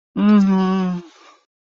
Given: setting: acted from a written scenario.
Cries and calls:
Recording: vocal sound without words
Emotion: guilt

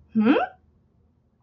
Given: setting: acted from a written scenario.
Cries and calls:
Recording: vocal sound without words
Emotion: interest

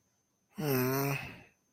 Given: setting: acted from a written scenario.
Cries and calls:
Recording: vocal sound without words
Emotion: sympathy

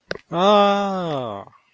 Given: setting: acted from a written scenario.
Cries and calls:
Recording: vocal sound without words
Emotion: realization

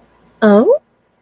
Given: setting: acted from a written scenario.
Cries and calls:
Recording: vocal sound without words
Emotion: interest

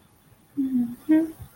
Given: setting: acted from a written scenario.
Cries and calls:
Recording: vocal sound without words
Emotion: contentment

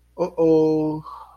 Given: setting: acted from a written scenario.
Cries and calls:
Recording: vocal sound without words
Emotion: distress

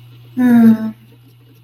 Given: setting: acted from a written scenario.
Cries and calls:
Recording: vocal sound without words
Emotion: serenity

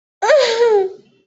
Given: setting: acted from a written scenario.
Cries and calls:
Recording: vocal sound without words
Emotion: distress

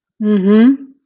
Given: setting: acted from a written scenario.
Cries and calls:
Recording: vocal sound without words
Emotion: contempt

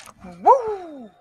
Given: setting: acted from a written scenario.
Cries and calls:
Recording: vocal sound without words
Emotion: pride

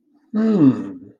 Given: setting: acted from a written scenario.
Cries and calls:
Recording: vocal sound without words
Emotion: pride

